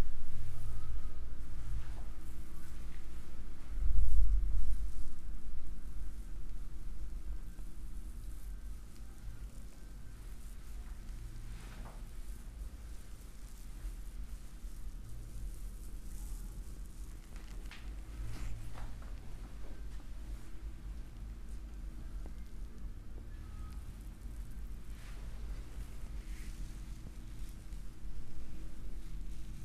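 Soft rubbing and rustling from a head massage sit over a steady low hum throughout. A brief louder bump comes near the start, and faint scratchy brushes recur now and then, quiet.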